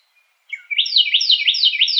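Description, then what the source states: Carolina wren giving a brief song burst: a few soft introductory notes followed by a rapid string of repeated loud, rolling ringing phrases. Recorded 2007-01-04.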